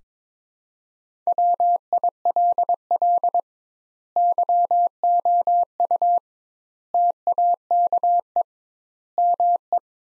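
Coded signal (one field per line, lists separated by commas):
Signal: Morse code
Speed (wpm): 22 wpm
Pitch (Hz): 700 Hz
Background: none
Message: WILL YOU TAKE ME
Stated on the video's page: Practice sentences from the top 200 words, sent at 22 wpm with twice the standard word spacing.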